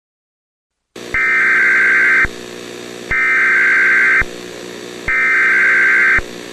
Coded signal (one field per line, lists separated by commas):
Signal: Emergency Alert System (SAME) tones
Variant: header bursts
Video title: EAS SCENARIO |The sound|